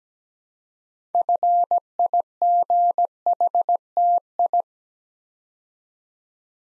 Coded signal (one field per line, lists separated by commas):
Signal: Morse code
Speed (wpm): 17 wpm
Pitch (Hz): 700 Hz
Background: none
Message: FIGHTI